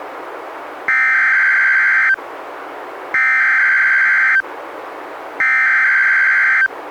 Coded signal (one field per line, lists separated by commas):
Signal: Emergency Alert System (SAME) tones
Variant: header bursts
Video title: EAS #208: NWR Special Marine Warning- Nov. 14, 2017- 11:58AM PST